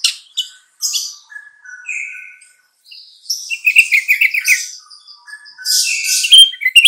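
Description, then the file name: Sooty-headed bulbul song: scattered twitters and short whistles build into a lively chattering run of bright, rapidly repeated notes, ending in a loud jumble. Song labelled as kutilang trucukan. "suara kutilang trucukan"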